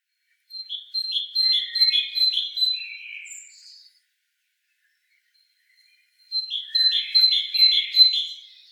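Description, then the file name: Great tit giving two bursts of ringing see-saw two-note phrases, repeated quickly, separated by a few seconds of quiet. "Parus major"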